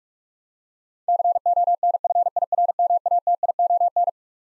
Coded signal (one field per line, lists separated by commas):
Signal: Morse code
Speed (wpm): 46 wpm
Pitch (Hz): 700 Hz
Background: none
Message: CONFIRMATION